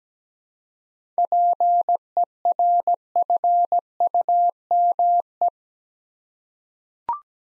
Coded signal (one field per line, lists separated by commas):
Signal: Morse code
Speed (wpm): 17 wpm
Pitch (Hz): 700 Hz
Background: none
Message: PERFUME